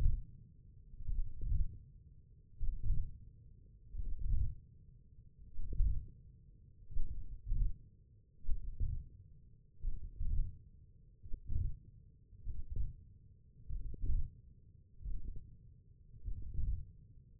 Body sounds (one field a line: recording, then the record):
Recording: forearm muscle sounds (acoustic myography)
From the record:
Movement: hand opening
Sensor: system 1, eight BSWA MPA416 microphones around the upper forearm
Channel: 4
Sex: male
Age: 20 years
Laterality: left